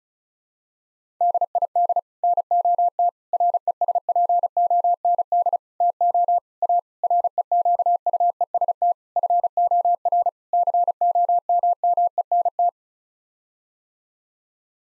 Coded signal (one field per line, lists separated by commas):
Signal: Morse code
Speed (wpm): 34 wpm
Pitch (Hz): 700 Hz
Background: none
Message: DID NOT RESPOND TO A REQUEST FOR COMMENT